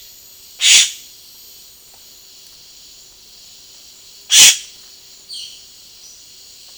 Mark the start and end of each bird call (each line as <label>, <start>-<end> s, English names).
Yellow-rumped Cacique, 0.58-1.00 s
Yellow-rumped Cacique, 4.30-4.60 s
Violaceous Jay, 5.28-5.59 s